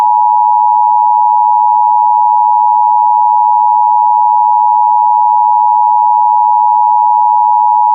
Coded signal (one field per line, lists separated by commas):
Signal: Emergency Alert System (SAME) tones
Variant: 853 and 960 Hz attention tone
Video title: EAS Scenario - Double Threat: SCP-106 & -280